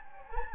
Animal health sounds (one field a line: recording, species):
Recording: mosquito wingbeat signal from an infrared sensor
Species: Anopheles gambiae